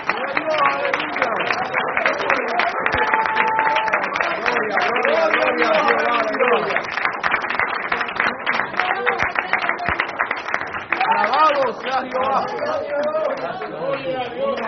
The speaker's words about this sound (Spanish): Oigan esos aplausos, para que fueran para el alcalde del Carmen.